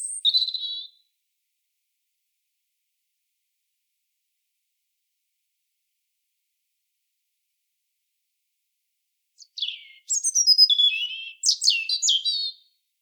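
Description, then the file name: European robin giving a short high note and brief warble, then after a long pause a rapid burst of sharp, high, tumbling notes. "Erithacus rubecula"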